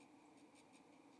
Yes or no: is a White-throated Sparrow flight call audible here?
no